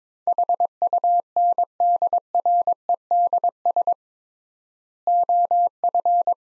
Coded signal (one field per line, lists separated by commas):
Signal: Morse code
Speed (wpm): 22 wpm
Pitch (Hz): 700 Hz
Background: none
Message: HUNDREDS OF